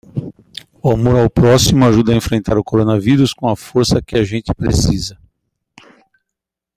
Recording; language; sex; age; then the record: spoken sentence; Brazilian Portuguese; male; 50 to 59 years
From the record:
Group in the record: control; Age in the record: 56 years